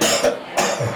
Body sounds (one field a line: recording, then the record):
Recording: coughing mixed with background sound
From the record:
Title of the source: Cough Around the Clock!